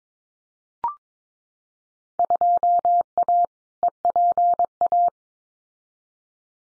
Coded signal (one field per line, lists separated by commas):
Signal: Morse code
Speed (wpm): 22 wpm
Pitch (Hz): 700 Hz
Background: none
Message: 2A EPA